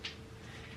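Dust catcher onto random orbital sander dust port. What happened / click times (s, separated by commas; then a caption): The dust canister latched onto the sander port / 0.1 s. A plastic dust catcher canister is pushed onto the dust port of a DeWALT 5-inch random orbital sander, where it latches against a spring-steel catch and a twist then locks it in place. A sharp click is heard at 0.05 s, then a quiet, steady background with no further clicks. The canister is seated and locked on the port.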